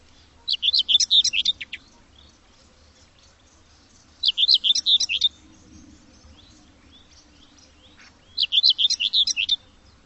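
Bird calling in three quick bursts of sharp, high chittering notes, about four seconds apart, with quiet low background noise between them.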